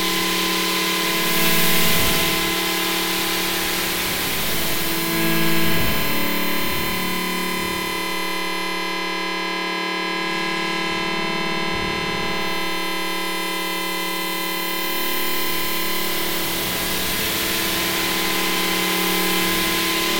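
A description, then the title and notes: A filtered sine feedback oscillator with reverb drones as a steady, bright tone stack, with low rumbling swells near two and six seconds. Experimenting with Harry Partch's Otonality in Supercollider using only sine feedback oscillator processed with Moog filter emulator + reverb.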